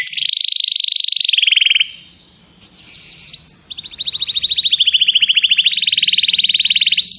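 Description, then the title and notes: Atlantic canary delivers a long high trill that drops at its end, a short quiet warble, then another sustained rapid rolling trill, with low rumbling noise underneath. Used as a lure to attract birds. "Pikat Burung Baru. kenari"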